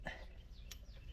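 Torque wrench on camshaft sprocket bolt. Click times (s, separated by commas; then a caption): 0.1 s, 0.7 s. A torque wrench tightens the camshaft sprocket bolt on a V6 Camaro while a tool at the back holds the cam from turning. The wrench clicks at 0.1 s and again at 0.7 s, confirming the bolt has reached torque.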